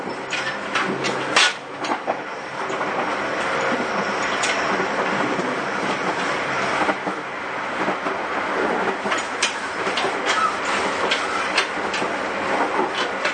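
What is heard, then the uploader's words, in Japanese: A JR 209 series train on the Sobu Main Line, with a steady rumbling run, sharp clicks and clatters scattered throughout, and mid-range drone. JR209系 東千葉〜佐倉。総武本線の運用を録音。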